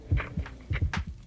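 Deep paired thumps repeat, with faint higher hiss over them. This is an ordinary adult human heartbeat, chosen for the Voyager Golden Record to stand for the first signs of human life.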